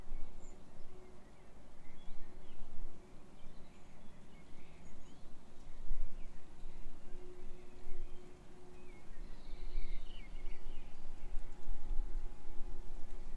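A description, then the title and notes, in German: Birds call sparsely and softly over a steady low rumble, with brief chirps and trills scattered throughout, a bit busier after ten seconds. Sonnenaufgang. Die Vögel sind schon eine Stunde vorher wach, allerdings im März noch etwas verhalten.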